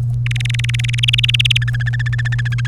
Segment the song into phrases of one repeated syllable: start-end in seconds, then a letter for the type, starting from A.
0.26-1.57 A, 1.62-2.67 B